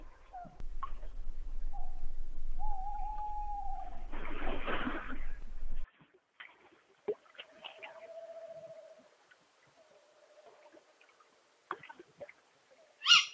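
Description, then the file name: Tawny owl hooting: a steady drawn-out note, a burst of rushing noise, then a long wavering, quavering hoot and a shorter soft note in quiet surroundings. "chouette hulotte"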